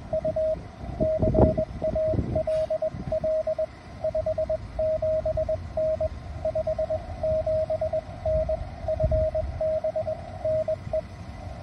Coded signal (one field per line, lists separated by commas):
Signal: Morse code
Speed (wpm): 21 wpm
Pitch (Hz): 630 Hz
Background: radio noise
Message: U CALL 57N 57N FB NE